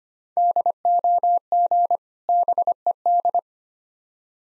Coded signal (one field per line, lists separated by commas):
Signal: Morse code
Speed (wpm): 25 wpm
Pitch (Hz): 700 Hz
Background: none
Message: DOG BED